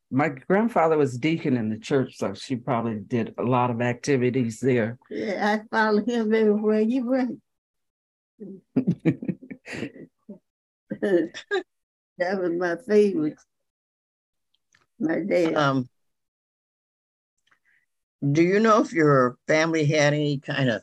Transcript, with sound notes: My grandfather was a deacon in the church, so she probably did a lot of activities there.
Yeah. I followed him everywhere he went. [LAUGHTER] That was my favorite, my dad.
Do you know if your family had any